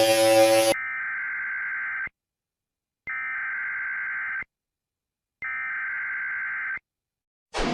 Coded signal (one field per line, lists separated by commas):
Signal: Emergency Alert System (SAME) tones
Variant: header bursts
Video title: Eas alarm animated s1e12